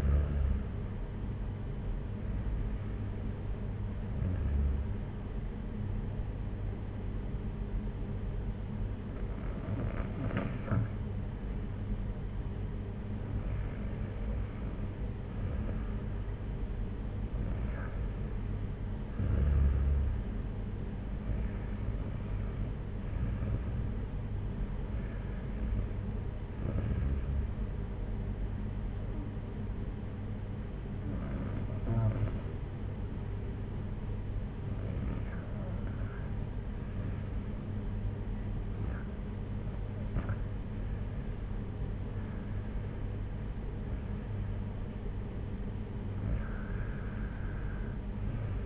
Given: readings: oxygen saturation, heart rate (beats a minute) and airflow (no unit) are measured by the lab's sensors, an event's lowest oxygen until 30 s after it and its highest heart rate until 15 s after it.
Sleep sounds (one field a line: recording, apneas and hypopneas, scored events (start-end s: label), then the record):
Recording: breathing in sleep by a smartphone at the bedside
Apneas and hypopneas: none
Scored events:
none scored
From the record:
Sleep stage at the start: REM sleep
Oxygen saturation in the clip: 93 to 95%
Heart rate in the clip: 55 to 64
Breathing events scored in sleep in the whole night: 226 in 8.8 hours asleep